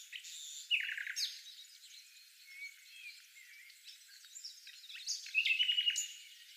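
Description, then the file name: Common nightingale singing brief phrases, a fast descending trill near one second and a rapid run of repeated whistled notes after five seconds, amid quieter chatter. "Luscinia megarhynchos"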